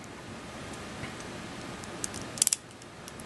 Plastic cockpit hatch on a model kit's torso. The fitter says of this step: and locks in place very nicely